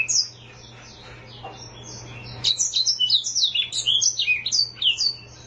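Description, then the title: Oriental magpie-robin song: a short opening note and quieter phrases, then quick, varied whistled and chirping phrases, many slurring downward, pouring out nearly continuously, with a faint low hum. "Kicau Kacer"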